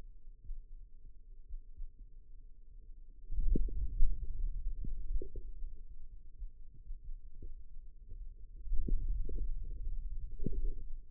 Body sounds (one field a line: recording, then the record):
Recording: forearm muscle sounds (acoustic myography)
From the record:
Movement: hand opening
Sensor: system 2, bracelet of six BSWA MPA416 microphones around the upper forearm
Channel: 4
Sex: male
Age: 22 years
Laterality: right